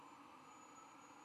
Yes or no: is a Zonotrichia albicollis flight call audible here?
no